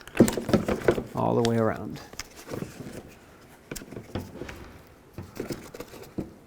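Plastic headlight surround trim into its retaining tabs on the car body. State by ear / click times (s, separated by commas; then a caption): not seated / none. A plastic headlight surround trim on a 2001-2007 Volvo V70 is handled and pressed around its edge toward its retaining tabs on the car body while someone talks. Short sharp taps and plastic handling noises come through, but nothing has seated or clicked into place yet.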